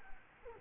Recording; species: mosquito wingbeat signal from an infrared sensor; Culex quinquefasciatus